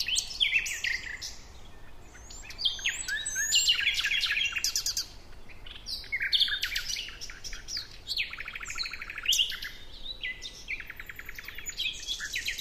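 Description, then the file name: Common nightingale song, varied phrases of sharp whistles, chirps and quick rattling trills with brief gaps, over a soft constant hiss. "Luscinia megarhynchos"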